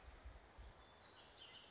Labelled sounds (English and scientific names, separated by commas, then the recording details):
Bullock's Oriole (Icterus bullockii)
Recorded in Sonoma County, California